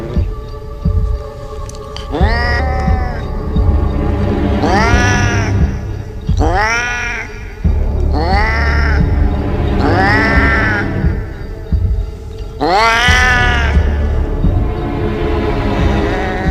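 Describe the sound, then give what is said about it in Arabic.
Cats meow and caterwaul in about six drawn-out, wavering wails, each rising and falling in pitch, repeating every couple of seconds over a steady low throbbing hum like a heartbeat. “طيب الطبيب اللي هي قامت بغرس اسنانها في رقبته، الطبيب اصيب بمرض نادر انه كان ما بيعملش او بيسمع طوال اليوم صوت قطط، وكان بيصرخ ويجري في المستشفى يقول ابعدوا القطط الموجودة عني.”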